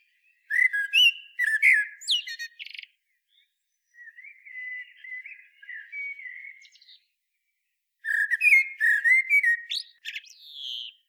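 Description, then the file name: Common blackbird singing in bursts: a twittering warbled phrase, a softer lower warble after a pause, then another bright twittering phrase near the end. "Turdus merula"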